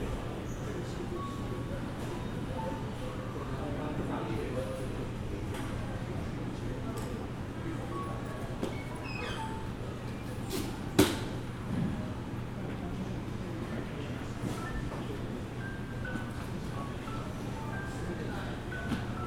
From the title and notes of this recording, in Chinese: 松山機場。記得當時散步累了,就在機場大廳隨意的找個地方坐著休息。看著熙來人往,搭配登機廣播。